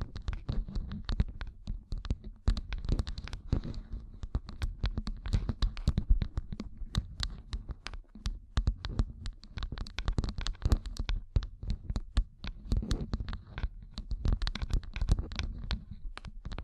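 Gem-covered fingertips tap and scratch in a dense, irregular stream of sharp clicks that runs without pause for the whole clip. The taps are crisp and bright, with a steady low rumble underneath and rasping scratches blurring some clusters together.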